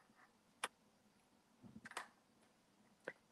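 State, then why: Seated. A 3D-printed plastic butt plate is pressed onto the battery buttstock of a foam blaster prototype and snaps home with a sharp click at 0.6 s, seating with no hardware. A cluster of softer handling knocks and ticks follows around 1.6–2.0 s, with one more short tick at 3.1 s.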